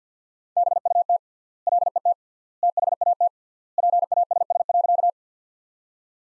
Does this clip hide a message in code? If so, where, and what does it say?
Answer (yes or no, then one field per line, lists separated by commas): yes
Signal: Morse code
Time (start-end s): 0.6-5.1 s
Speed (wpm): 50 wpm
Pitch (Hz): 700 Hz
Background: none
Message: BUT LET THAT PASS.